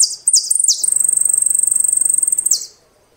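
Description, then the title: Saffron finch song opening with three falling high notes, then a long, even trill of rapid pulses and a final falling note. "Jilguero Argentino"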